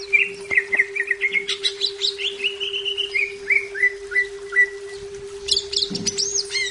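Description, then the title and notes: Leafbird song: a run of clear whistled notes, many falling, then a burst of high chattering notes, over a steady low electrical hum. "Cucak Ijo"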